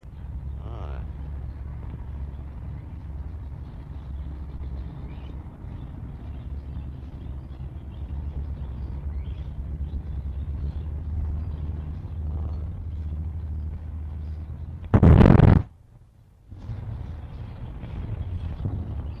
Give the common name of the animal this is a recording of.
Addax